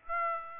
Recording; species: mosquito wingbeat signal from an infrared sensor; Aedes aegypti